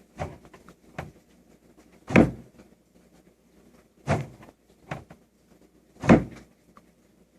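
The wooden lid of a homemade rustic cooler is closed onto the cooler body, with several dull knocks and thumps heard across the clip, including heavier impacts near 4.1 and 6.1 seconds. The lid clicks shut and locks at 2.2 seconds, giving the small distinctive click that confirms it has seated.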